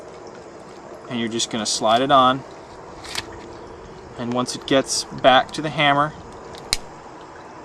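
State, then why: Seated. Someone talks while reassembling a TSD M9 airsoft gas blowback pistol, running the slide back onto the frame to the hammer and rotating the small takedown lever back into position. A sharp, loud click comes at 6.7 s as the takedown lever locks the slide, and the pistol is seated.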